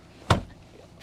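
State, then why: Seated. Someone pulls the lever on the second-row seat of a 2024 Audi Q7 55 TFSI SUV and pushes the seatback down in its seat frame to make way into the third row. A single sharp click at 0.3 s marks the seatback latching down, with quiet background before and after.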